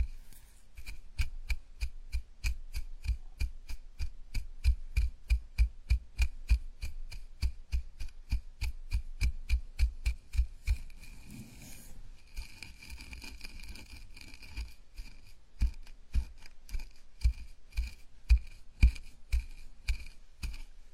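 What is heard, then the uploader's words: A scalp massage with a steady, even rhythm of soft rubbing strokes, roughly two or three per second, each with a dull low thump and a light scratchy edge. Around the eleven-second mark the pattern pauses briefly, then resumes slightly brighter and scratchier. Enjoy the ultimate scalp massage, gentle and comfortable.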